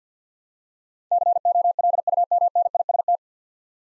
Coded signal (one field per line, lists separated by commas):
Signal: Morse code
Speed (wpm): 50 wpm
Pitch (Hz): 700 Hz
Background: none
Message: COLUMNIST